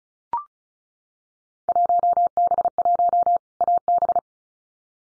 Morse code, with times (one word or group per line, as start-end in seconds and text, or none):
1.7-3.4 1B1
3.6-4.2 AB